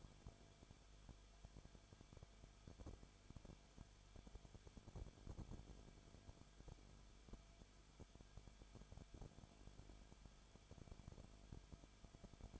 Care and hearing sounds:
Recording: daily activity, microphone in the room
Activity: no activity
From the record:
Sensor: 5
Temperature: 20.4 degrees Celsius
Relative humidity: 39.7%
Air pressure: 1010.8 hPa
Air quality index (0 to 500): 165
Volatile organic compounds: 15 ppm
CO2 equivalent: 2500 ppm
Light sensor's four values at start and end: 2/3/1/1 and 2/3/1/1

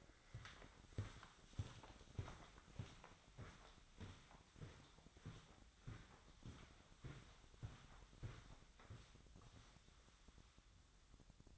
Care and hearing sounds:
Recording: daily activity, microphone in the room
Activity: walk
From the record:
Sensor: 3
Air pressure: 1009.3 hPa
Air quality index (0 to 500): 193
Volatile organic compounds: 4 ppm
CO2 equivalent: 1562 ppm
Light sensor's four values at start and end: 58/150/66/68 and 54/137/61/63

